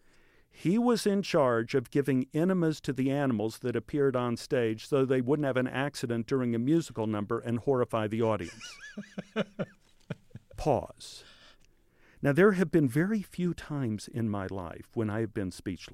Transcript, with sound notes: He was in charge of giving enemas to the animals that appeared onstage so they wouldn't have an accident during a musical number and horrify the audience.
(LAUGHTER)
Pause. Now there have been very few times in my life when I have been speechless.